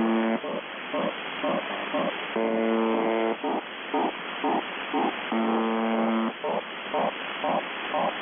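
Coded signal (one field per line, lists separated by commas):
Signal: channel marker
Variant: UVB-76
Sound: repeated short harsh low buzzes with two longer buzzes, over hissy radio noise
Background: radio static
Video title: The Buzzer/UVB-76(4625Khz) May 3, 2021 13:04UTC Voice message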